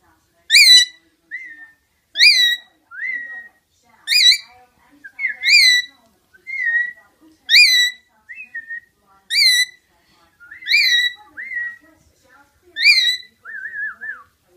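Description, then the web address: Rainbow lorikeet giving shrill, ringing call notes at intervals, most followed by a quieter downslurred whistle, ending with a wavering whistle. "sound Rainbow-lorikeet. صدای پرنده لوریکیت رنگین کمانی"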